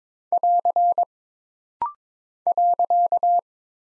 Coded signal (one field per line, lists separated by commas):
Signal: Morse code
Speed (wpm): 22 wpm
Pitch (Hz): 700 Hz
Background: none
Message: <AR> .